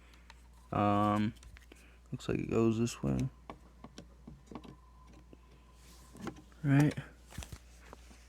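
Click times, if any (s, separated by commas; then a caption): none. A DDR4 memory module is checked for orientation and lined up with a motherboard DIMM slot before being pushed down, while someone talks. Only small handling ticks are heard, and the RAM stick has not seated or clicked into the slot yet.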